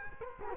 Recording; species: mosquito wingbeat signal from an infrared sensor; Culex quinquefasciatus